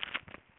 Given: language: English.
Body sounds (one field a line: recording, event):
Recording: throat vibration sensor signal played as sound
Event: swallow